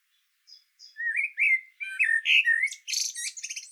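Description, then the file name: Common blackbird song: soft opening notes, then rich warbled phrases and a shrill, twittering flourish at the close. "Turdus merula"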